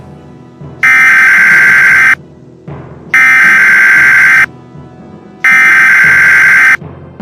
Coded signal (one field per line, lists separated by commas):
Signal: Emergency Alert System (SAME) tones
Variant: header bursts